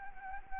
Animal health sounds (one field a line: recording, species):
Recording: mosquito wingbeat signal from an infrared sensor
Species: Anopheles arabiensis